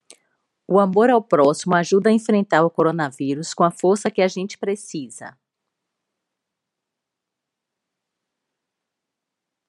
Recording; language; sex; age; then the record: spoken sentence; Brazilian Portuguese; female; 40 to 49 years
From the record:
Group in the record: control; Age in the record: 49 years